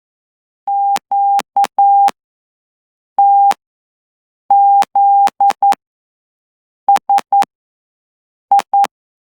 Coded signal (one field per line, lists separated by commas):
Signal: Morse code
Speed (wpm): 10 wpm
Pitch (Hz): 800 Hz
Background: none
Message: QTZSI